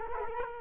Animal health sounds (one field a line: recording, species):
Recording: mosquito wingbeat signal from an infrared sensor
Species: Culex quinquefasciatus